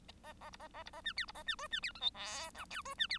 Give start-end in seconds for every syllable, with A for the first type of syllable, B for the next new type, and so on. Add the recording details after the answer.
0.23-0.33 A, 0.40-0.50 A, 0.52-0.57 B, 0.59-0.68 A, 0.73-0.83 A, 0.85-0.91 B, 0.93-1.01 A, 1.04-1.13 C, 1.16-1.25 D, 1.27-1.32 B, 1.34-1.43 A, 1.46-1.55 C, 1.58-1.67 E, 1.71-1.80 C, 1.82-1.92 D, 1.95-2.00 F, 2.00-2.10 G, 2.14-2.50 H, 2.54-2.65 I, 2.70-2.82 J, 2.85-2.94 E, 2.98-3.07 C, 3.09-3.18 D. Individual Bird1